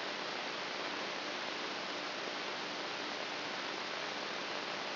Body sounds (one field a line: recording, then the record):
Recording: brain microelectrode recording played as sound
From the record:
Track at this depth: outside the subthalamic nucleus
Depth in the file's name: 1.041 mm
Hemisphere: left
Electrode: 3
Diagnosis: Parkinson's disease